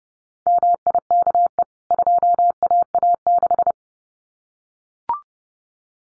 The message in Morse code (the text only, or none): MIKE 2AA6